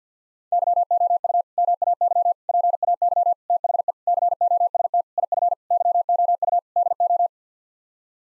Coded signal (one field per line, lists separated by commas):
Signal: Morse code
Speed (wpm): 50 wpm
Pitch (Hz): 700 Hz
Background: none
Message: YOU MAY PAY THE COST IF YOU DO